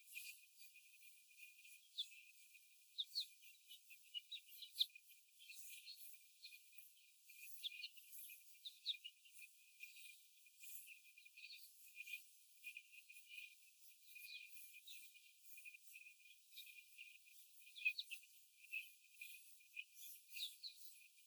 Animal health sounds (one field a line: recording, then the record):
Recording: young laying hens in a cage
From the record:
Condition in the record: after the stressor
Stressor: simulated dog barking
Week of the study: 4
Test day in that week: 1